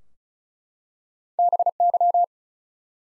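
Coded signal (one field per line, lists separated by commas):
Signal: Morse code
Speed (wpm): 34 wpm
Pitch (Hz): 700 Hz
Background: none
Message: BY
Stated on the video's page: Morse code practice at 35 wpm: the 100 most common English words, each sent three times, then spoken, then sent again.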